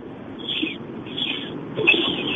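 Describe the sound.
A man in a car, driving home, imitates a dolphin with three short, high, squeaky chirps spaced about a second apart. The sounds are faint over a steady low background rumble.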